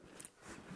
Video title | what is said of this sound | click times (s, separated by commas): Givi ST602 tank bag overview and installation - Tracer Touring #6 | so all we need to do like I said is to align it and click it into place | 0.2 s